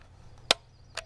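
The release switch on a Tasco trail camera's battery panel is pushed down firmly against its tightness until the plastic battery carrier pops free of the camera housing. A sharp, loud snap is heard at 0.5 s, followed by a fainter snap at about 1.0 s, and the carrier is released.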